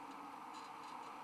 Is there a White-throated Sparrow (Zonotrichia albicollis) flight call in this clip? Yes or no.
no